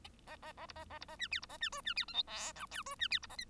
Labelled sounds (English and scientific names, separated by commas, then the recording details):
Bengalese Finch (Lonchura striata domestica) song
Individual Bird1